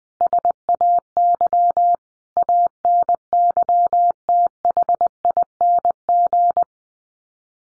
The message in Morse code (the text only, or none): SAY ANYTHING